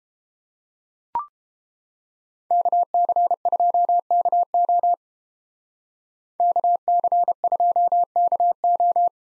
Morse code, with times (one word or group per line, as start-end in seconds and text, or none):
2.5-4.9 KC2KO
6.4-9.1 KC2KO